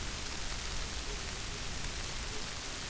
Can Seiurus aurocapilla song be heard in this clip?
no